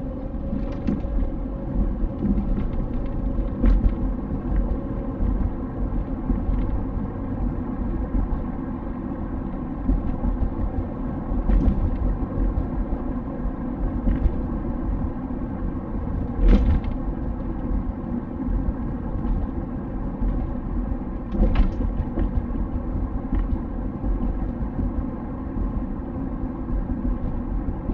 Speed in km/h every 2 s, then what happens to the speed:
48, 55, 59, 62, 61, 61, 60, 59, 59, 58, 58, 58, 57, 55.
0-5 speeds up to 62. 5-28 steady at about 59.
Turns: none.